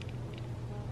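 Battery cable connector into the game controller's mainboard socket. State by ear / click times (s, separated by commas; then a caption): not seated / none. A battery wire is routed with tweezers inside a right game controller (a right Joy-Con being repaired for joystick drift), and its connector is pressed down from the top toward the mainboard socket. A steady low hum runs throughout, with faint light ticks near 0.0 and 0.4 seconds. The connector has not clicked or seated yet.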